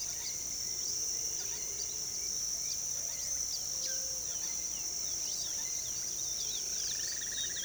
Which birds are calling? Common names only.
Palm Tanager, Bright-rumped Attila, Russet-backed Oropendola, Chestnut-bellied Seed Finch, Orange-winged Amazon, unidentified bird